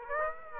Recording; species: mosquito wingbeat signal from an infrared sensor; Aedes aegypti